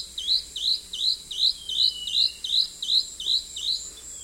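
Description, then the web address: Plain-throated antwren giving a rapid run of clear upslurred whistles, evenly repeated about two and a half times a second, with a continuous high-pitched insect drone behind. South America, eastern lowlands. "Natures Songs S America Eastern Lowlands. Plain-throated Antwren"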